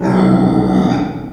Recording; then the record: squeal of a Yucatan mini pig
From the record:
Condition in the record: before surgery on the right vocal fold (resection and tissue-engineered implant); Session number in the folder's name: 1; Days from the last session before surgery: -21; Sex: female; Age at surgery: 19 weeks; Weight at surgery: 25 kg